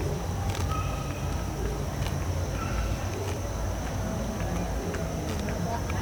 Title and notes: Um cavalo pastando a noite num terreno baldio. Data: 01/07/2017 Horário: 19:19